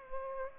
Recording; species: mosquito wingbeat signal from an infrared sensor; Aedes aegypti